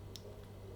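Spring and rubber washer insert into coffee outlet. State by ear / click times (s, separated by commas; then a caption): seated / 0.2 s. A spring part with its rubber washer is twisted 180 degrees into the coffee outlet of a Siemens EQ300 coffee machine until it locks into place. A short, sharp tick is heard at 0.2 s over a steady low hum. The part is seated.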